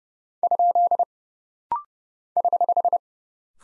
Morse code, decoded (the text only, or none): ? <HH>